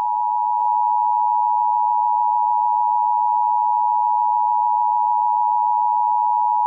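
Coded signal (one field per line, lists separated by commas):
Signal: Emergency Alert System (SAME) tones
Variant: 853 and 960 Hz attention tone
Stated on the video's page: Fictional EAS scenario, not a real alert.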